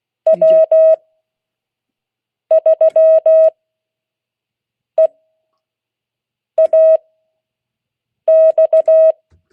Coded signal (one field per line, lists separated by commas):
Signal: Morse code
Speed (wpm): 16 wpm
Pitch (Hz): 640 Hz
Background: none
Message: W3EAX